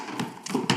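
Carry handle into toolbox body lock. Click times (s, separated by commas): 0.7 s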